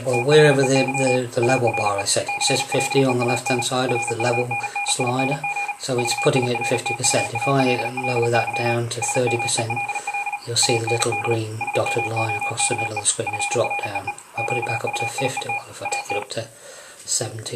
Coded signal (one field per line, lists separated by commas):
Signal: Morse code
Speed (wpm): 37 wpm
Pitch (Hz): 2450 Hz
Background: speech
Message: THEY ARE CLEAN RUNNING VIRTUALLY SMELL AND SMOKE FREE QUIET AT